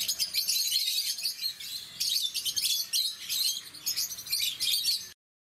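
Rosy-faced lovebird calls: shrill, rapid high-pitched chirps in bursts with brief pauses, then the sound cuts to silence near the end.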